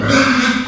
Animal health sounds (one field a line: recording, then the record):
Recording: squeal of a Yucatan mini pig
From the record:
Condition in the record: after surgery on the right vocal fold (resection and tissue-engineered implant)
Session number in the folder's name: 14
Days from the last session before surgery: 133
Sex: female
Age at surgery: 19 weeks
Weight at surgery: 25 kg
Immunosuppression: prednisolone